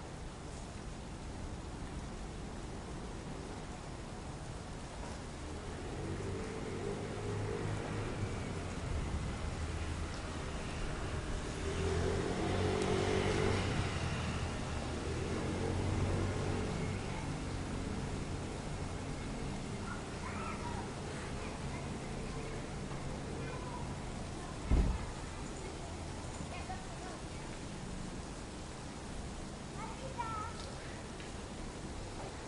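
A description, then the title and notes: Rainy city noise with a steady hiss throughout and a low traffic rumble underneath. The rumble swells as a vehicle passes from about 10 to 17 seconds, then eases. A single sharp knock sounds near 25 seconds, and faint short chirps come around 20 and 30 seconds. Rainy city white noise, urban white noise, city rainfall, ambient city sounds, rain noise.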